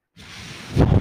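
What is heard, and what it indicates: Breathing sound of a home mechanical ventilator, the person's own machine: a low, rushing airflow that starts after a moment of silence and swells louder toward the end of the second.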